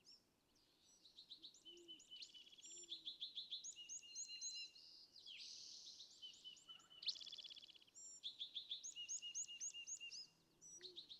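California thrasher song, a long run of varied high phrases, trills and buzzy notes, with a few soft low hoots underneath and a constant hiss.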